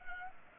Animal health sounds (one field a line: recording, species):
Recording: mosquito wingbeat signal from an infrared sensor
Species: Culex pipiens